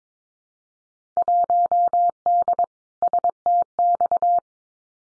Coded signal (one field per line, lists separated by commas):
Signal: Morse code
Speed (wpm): 22 wpm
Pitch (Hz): 700 Hz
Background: none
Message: 1D STX